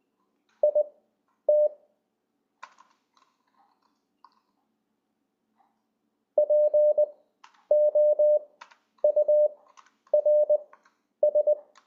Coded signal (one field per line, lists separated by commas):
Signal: Morse code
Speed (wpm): 20 wpm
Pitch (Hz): 600 Hz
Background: none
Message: IT POURS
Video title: LCWO demo